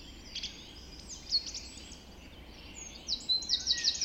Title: Just After Dawn Chorus Forest Of Dean